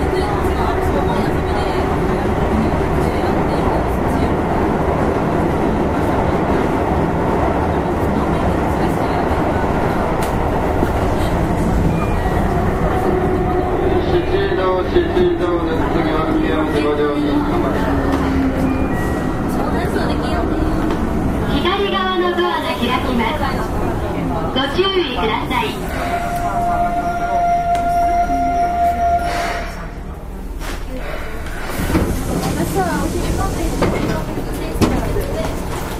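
A Keihan 6000 series train runs with a steady dense rumble, motor tones rising and falling around 15 and 26–30 seconds, voices faintly mixed in.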